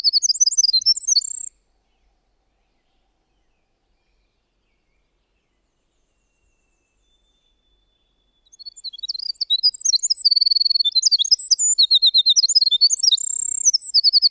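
Winter wren song: a high, rapid tumbling jumble of trills and twittering notes, a short burst, then about seven seconds of silence before a long bubbling run to the end.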